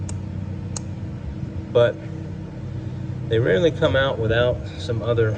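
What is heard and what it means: The electrical connector is slid off an ignition coil on a Ford Flex 3.5L naturally aspirated V6 engine, and its plastic locking tab releases with sharp clicks at 0.1 s and 0.8 s. The connector comes free. After a short pause over a low steady hum, someone talks.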